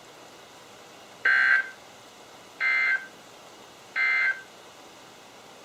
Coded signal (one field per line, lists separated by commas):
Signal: Emergency Alert System (SAME) tones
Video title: EAS #1402-#1410 | KHB36, WXM42, & WNG736